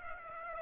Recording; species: mosquito wingbeat signal from an infrared sensor; Aedes aegypti